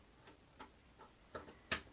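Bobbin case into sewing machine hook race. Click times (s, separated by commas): 1.7 s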